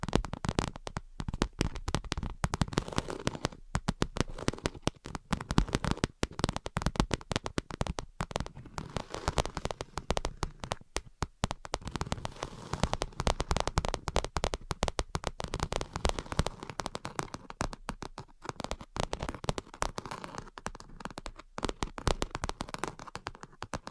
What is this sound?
Invisible Tapping and Scratching